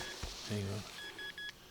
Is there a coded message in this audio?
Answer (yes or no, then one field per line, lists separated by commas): no